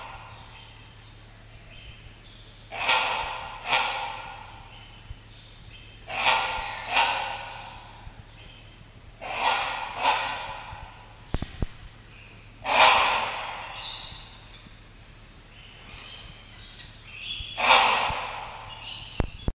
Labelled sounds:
Great Hornbill call
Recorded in captivity
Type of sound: call
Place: Artis Zoo, Nordholland, NL
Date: 1973-09-01
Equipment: Halbspur, 9,5 cm/s
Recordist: Lütgens, Hans
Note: Rufe

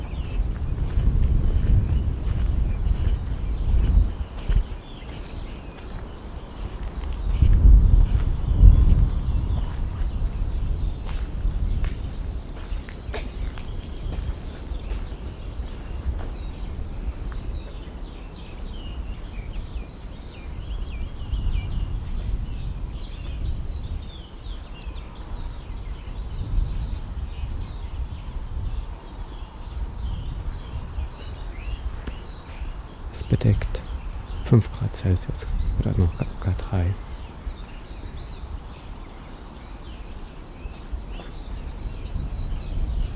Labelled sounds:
Yellowhammer song
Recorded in the wild
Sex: male
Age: adult
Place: Lüdersdorf, Barnim, Brandenburg, DE
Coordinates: 52.9164, 14.0703
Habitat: Straßenallee
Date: 2006-04-14
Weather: bedeckt, mäßiger Wind aus West, 5°C
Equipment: Marantz PMD 671, Sennheiser MKH 70, Popschutz
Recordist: Frommolt, Karl-Heinz

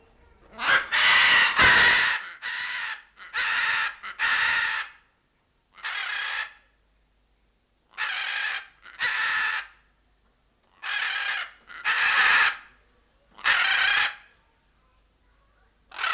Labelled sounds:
Red-fronted Macaw call
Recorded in captivity
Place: Tierpark Berlin, Berlin, DE
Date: 1992-10-31 11:53
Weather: sonnig bis heiter, -2 bis 3°C
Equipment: Marantz CP 430, Sennheiser ME 80, Kopie Tesla B 116
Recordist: Tembrock, Günter

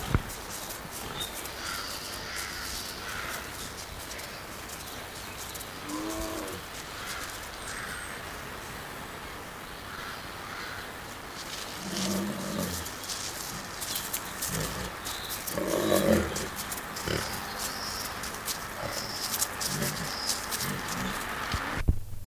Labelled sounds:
Tiger call
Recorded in captivity
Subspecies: tigris
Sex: female
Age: adult
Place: Zoo Rostock, Mecklenburg-Vorpommern, DE
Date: 1984-02-02 13:00
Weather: overcast, 2°C
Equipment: Nagra SN, Kopie Uher 4000 Report Monitor
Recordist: Tembrock, Günter
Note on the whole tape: Bengaltiger: Weibchen: Langlaute

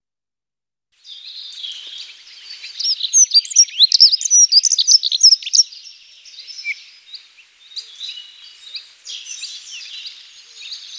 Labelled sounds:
Dunnock song
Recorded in the wild
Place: St. Peter, Hochschwarzwald / Potsdamer Platz, Baden-Württemberg, DE
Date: 1993-04-09
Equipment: Dat-Recorder Casio DA 7, Telinga DAT, Telinga-Parabolspiegel
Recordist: Schwarz, Dieter
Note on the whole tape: Song

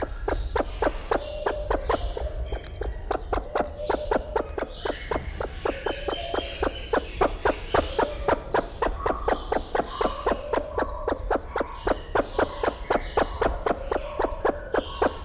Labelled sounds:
Great Argus call
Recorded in captivity
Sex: male
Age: adult
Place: Zoo Berlin, Berlin, DE
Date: 1994-03-05 11:38
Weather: heiter, 4°C, Windböen
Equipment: Marantz CP 430, Sennheiser ME 80, Kopie Uher Variocord 263
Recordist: Tembrock, Günter

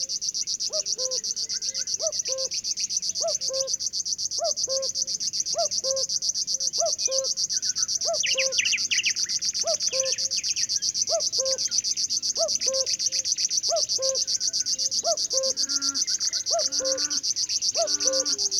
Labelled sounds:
River Warbler song
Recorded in the wild
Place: Zirkow, Insel Rügen, Mecklenburg-Vorpommern, DE
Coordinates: 54.377, 13.536
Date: 1975-06-06 20:00
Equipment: Nagra III BH, Sennheiser MD 21, parabola
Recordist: Schubert, Michael

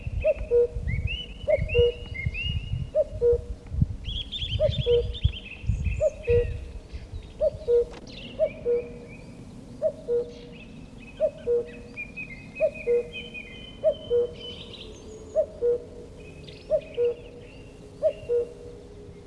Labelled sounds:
Common Cuckoo song
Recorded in the wild
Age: adult
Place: Gerlitzen, Kärnten, AT
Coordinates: 46.693, 13.917
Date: 1971-05-12
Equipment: Uher 4100 Report-V
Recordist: Brunner, Thomas

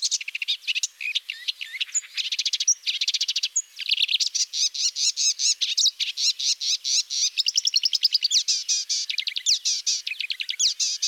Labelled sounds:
Marsh Warbler song
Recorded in the wild
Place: Waltershofen / Freiburg im Breisgau, Baden-Württemberg, DE
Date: 2006-06-05
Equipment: MiniDisc Sharp MT 20 H
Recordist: Schwarz, Dieter
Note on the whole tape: Song

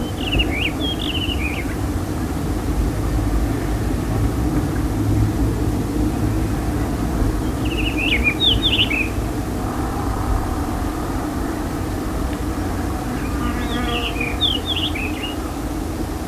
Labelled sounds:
Black Wheatear song
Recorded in the wild
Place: El Chorro, ES
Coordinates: 36.9175, -4.68222
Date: 1971-04-01
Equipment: Uher Report 4200, AKG D190C in Doppel-Parabolreflektor
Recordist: Krey, Winfried

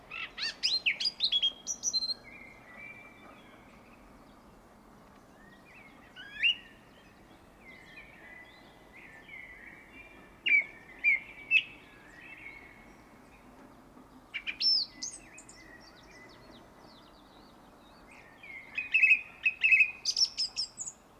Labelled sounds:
Song Thrush song
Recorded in the wild
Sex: male
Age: adult
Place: Erlangen, Bayern, DE
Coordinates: 49.6086, 10.9697
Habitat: forest
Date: 1962-05-04
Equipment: Stellavox SM 5, Original, Vollspur
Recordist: Tretzel, Erwin

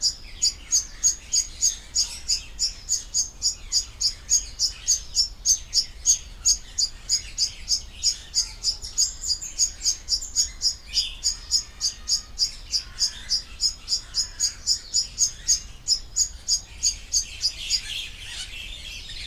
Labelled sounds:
Grosbeak Starling call
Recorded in captivity
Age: adult
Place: Zoo Berlin, Berlin, DE
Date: 1998-06-20 11:46
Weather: partly cloudy, 22°C
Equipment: Sony MD-WM MZ-R3, Sennheiser ME 80, Kopie Uher 4000 Report Monitor
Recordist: Tembrock, Günter

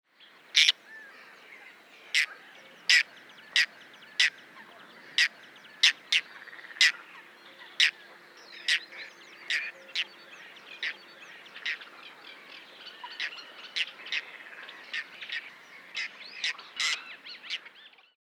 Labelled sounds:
White-winged Tern
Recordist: Frommolt, Karl-Heinz
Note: Flugrufe

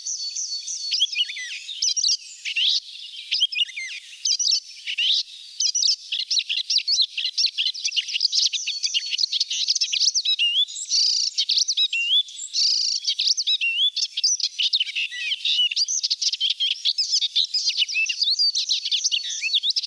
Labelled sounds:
Icterine Warbler song
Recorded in the wild
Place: Balaton / Hubertuspark, HU
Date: 1990-06-01
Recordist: Schwarz, Dieter
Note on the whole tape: Song

